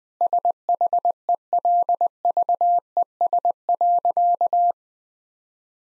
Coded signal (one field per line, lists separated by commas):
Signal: Morse code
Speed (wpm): 20 wpm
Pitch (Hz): 700 Hz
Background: none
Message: SHELVES.